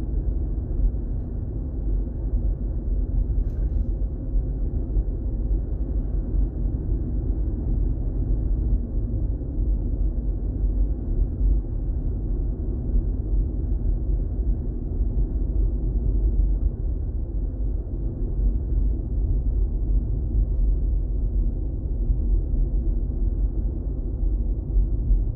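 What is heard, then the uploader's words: A steady low rumble from inside a moving vehicle on the drive to work fills the whole clip, heavy in the bass with a faint hum above it. The level barely shifts, apart from a brief small click near the fourth second. ASMR A drive to work.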